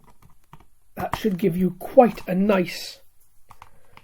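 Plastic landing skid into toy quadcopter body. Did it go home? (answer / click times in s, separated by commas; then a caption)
yes / 3.6 s. A plastic landing skid, fitted with its bezeled edge facing outward, is pushed into its slot on the underside of a Da Ming DM106 toy quadcopter's plastic body. Someone talks, then short sharp plastic clicks follow, and the skid clicks into place at 3.6 seconds, seated.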